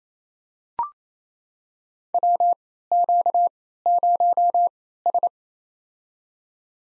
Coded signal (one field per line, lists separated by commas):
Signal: Morse code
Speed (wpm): 28 wpm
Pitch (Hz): 700 Hz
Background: none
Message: WQ0S